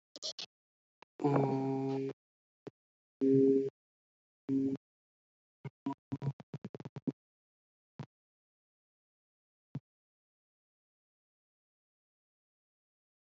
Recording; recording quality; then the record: sustained vowel as in boot; excellent, no background noise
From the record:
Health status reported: healthy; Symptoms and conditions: none ticked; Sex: male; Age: 22 years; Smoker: not ticked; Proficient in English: yes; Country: India